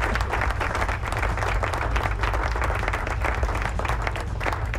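A crowd applauds steadily, a dense wash of many hands clapping at once, holding at an even, fairly loud level throughout without any voices standing out.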